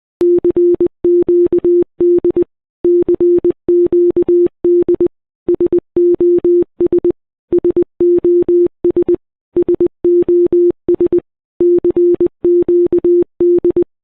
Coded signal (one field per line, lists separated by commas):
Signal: Morse code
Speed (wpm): 20 wpm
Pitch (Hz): 350 Hz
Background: none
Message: CQD CQD SOS SOS SOS CQD